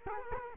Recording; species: mosquito wingbeat signal from an infrared sensor; Culex quinquefasciatus